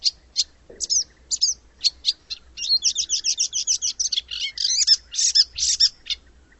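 Bird calls: several short, separate high chirps, then a fast run of chirps repeated rapidly for several seconds before stopping.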